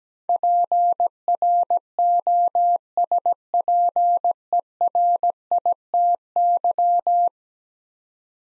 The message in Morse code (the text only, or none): PROSPERITY